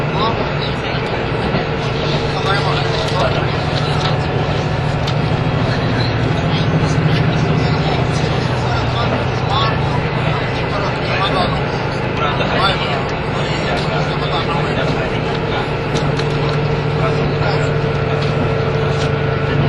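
On the trip from Nagoya to Toyama, a vehicle's deep, steady rumble and hum fill all twenty seconds at an even level. Murmured voices run underneath, with scattered clicks and rattles and a low drone that shifts pitch slightly midway.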